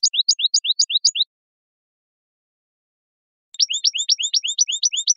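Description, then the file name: European goldfinch song: bright, high paired notes repeated quickly in a steady pattern, a short burst, then a longer twittering run after a gap. "Jilguero"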